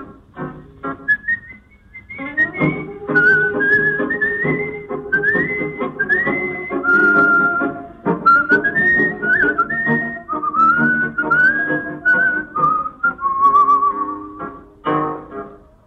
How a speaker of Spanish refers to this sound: Y un reo meditabundo va silbando esta canción.